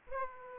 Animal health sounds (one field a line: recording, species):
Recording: mosquito wingbeat signal from an infrared sensor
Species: Aedes aegypti